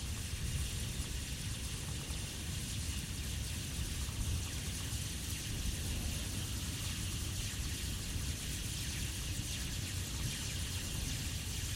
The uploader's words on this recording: Electrical lines ticling in wind - Binaural field recording, USA. I've recorded this track while cycling through the USA. This is a binaural audio recording.